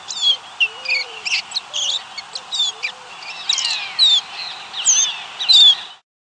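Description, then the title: Baywing song, a rapid chattering run of squeaky, sliding high notes with quick trills, a few faint low whistles early on, ending abruptly. "LuckyPassaro Completos2Sama. Baywing (Agelaioides badius)"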